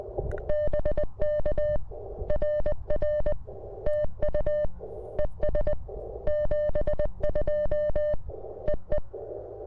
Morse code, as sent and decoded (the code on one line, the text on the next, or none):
-... -.- / .-. .-. / - ..- / . ... / --... ..--- / . .
BK RR TU ES 72 EE